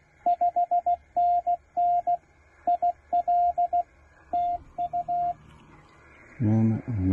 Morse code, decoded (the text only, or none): 5NN IL TU